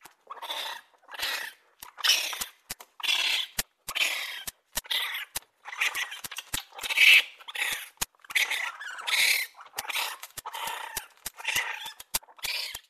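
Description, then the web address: Raccoon chittering: harsh, high, scratchy bursts repeating every second or so, interspersed with sharp clicks. "енот"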